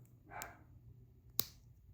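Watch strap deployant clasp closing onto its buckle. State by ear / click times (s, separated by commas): seated / 1.4 s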